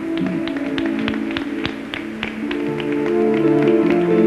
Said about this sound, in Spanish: Palmas al Señor. Aleluya.